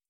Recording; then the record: hydrophone in a shrimp aquaculture tank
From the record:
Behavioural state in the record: starved